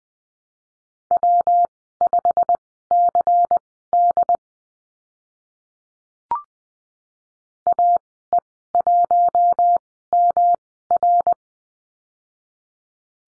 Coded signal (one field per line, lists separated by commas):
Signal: Morse code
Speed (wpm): 19 wpm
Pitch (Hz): 700 Hz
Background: none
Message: W5CD AE1MR